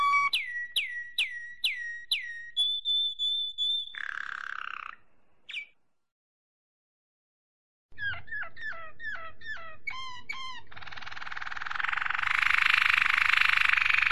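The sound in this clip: Domestic canary song: sharp down-slurred notes repeated quickly, a steady whistle, a falling note, a short silence, then quick down-slurred notes and a harsh buzzy passage.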